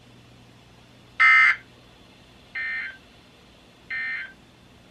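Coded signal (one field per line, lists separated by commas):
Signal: Emergency Alert System (SAME) tones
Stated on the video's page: Areal Flood Warnings and Required Weekly Test received on NOAA Weather Radio.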